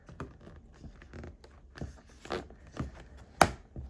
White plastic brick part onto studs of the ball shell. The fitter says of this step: See, there you go. You just need to hear that freaking click.